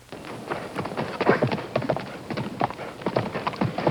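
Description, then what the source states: Horse breathing hard, with quick rough breaths mixed with irregular thudding hoofbeats over about four seconds. Breathing hard and galloping.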